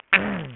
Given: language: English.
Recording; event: throat vibration sensor signal played as sound; throat clearing